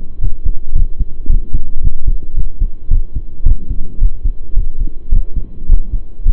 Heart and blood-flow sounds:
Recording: heart sounds by stethoscope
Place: between the tricuspid and mitral areas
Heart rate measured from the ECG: 109 bpm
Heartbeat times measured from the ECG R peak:
0.21 s: heartbeat
0.74 s: heartbeat
1.28 s: heartbeat
1.82 s: heartbeat
2.36 s: heartbeat
2.90 s: heartbeat
3.45 s: heartbeat
4.00 s: heartbeat
4.55 s: heartbeat
5.11 s: heartbeat
5.68 s: heartbeat
6.24 s: heartbeat
From the record:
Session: pedaling a stationary bicycle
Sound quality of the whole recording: saturated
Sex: male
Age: 23 years

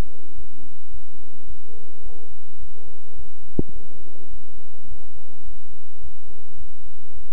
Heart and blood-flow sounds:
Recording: heart sounds by stethoscope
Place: between the tricuspid and mitral areas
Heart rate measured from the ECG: 106 bpm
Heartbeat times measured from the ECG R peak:
0.35 s: heartbeat
0.91 s: heartbeat
1.47 s: heartbeat
2.03 s: heartbeat
2.59 s: heartbeat
3.16 s: heartbeat
3.73 s: heartbeat
4.30 s: heartbeat
4.88 s: heartbeat
5.45 s: heartbeat
6.01 s: heartbeat
6.58 s: heartbeat
7.14 s: heartbeat
From the record:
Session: bicycle stress test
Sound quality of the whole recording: good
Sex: male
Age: 23 years

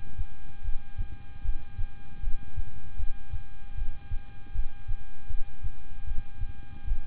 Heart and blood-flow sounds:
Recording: heart sounds by stethoscope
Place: between the tricuspid and mitral areas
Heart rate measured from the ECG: 77 bpm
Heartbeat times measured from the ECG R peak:
0.62 s: heartbeat
1.42 s: heartbeat
2.20 s: heartbeat
2.96 s: heartbeat
3.75 s: heartbeat
4.52 s: heartbeat
5.27 s: heartbeat
6.04 s: heartbeat
6.84 s: heartbeat
From the record:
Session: rest, lying down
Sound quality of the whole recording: good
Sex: male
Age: 26 years

